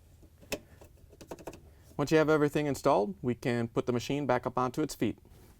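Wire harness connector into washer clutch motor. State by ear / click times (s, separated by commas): seated / 0.5 s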